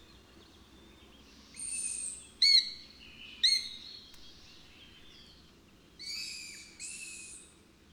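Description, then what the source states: Long-eared owl begging calls, hoarse high-pitched barks and rasps, spaced irregularly with a pair of sharp yelps in the middle and two drawn-out rasps at the end. Juvenile giving barking begging calls.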